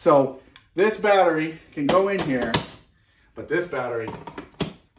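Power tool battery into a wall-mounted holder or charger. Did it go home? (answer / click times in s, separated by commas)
yes / 4.6 s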